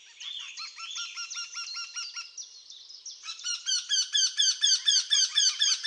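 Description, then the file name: Eurasian wryneck call, a steady run of quick, evenly spaced nasal notes building in loudness after a brief passage of varied whistled phrases. "kretoglow"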